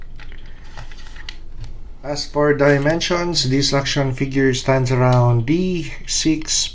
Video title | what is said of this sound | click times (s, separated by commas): Super Poseable Spider-Man w/ Gargoyle Ledge & Retractable Web Line | Yep. And it snaps back in. | 1.3 s